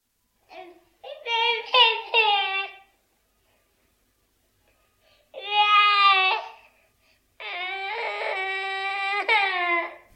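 A 14-month-old baby boy crying, in bursts of high-pitched wailing separated by pauses.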